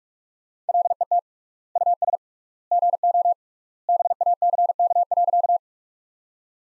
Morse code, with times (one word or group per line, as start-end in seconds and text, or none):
0.7-1.2 LET
1.8-2.2 US
2.7-3.3 GO
3.9-5.6 BACK.